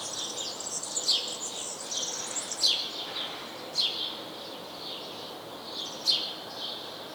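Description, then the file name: House sparrow uttering four sharp, high chirps, each dropping quickly in pitch, irregularly spaced, with faint extra chips and steady hiss. "Passer domesticus"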